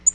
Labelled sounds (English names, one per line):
Tennessee Warbler flight call